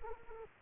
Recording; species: mosquito wingbeat signal from an infrared sensor; Culex quinquefasciatus